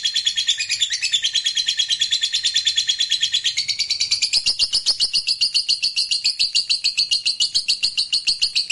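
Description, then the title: Lovebird song: fast, continuous high-pitched twittering trill, rapid repeated notes, the tone settling to a steadier buzzy chatter in the second half. Used to stimulate a lazy lovebird that sings little into spontaneous, energetic singing. "LOVEBIRD Malas Bunyi JADI GREGET SPONTAN Langsung NARIK"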